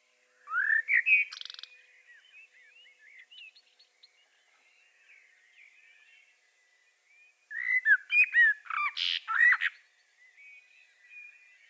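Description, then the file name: Common blackbird song: two rich warbling phrases of fluty notes with chattering high ends, soft background whistles between them. "Turdus merula"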